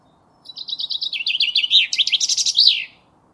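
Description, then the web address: Common chaffinch song: a bright descending trill of repeated notes ending in a short flourish, lasting about two and a half seconds. "Deverinetal"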